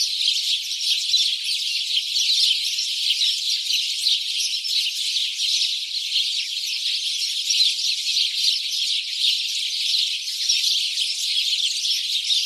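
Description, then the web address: Flock of house sparrows chirping together, a steady, dense chatter that stays at the same level across the recording. "SETE Passer domesticus"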